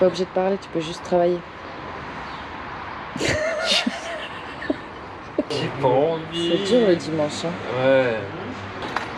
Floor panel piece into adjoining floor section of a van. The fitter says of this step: Non, mais ça se clipse pas.